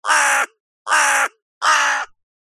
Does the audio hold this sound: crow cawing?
yes